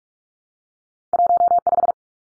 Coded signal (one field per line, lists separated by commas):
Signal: Morse code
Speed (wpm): 44 wpm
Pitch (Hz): 700 Hz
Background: none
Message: 15